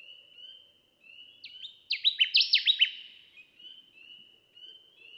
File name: Connecticut Warbler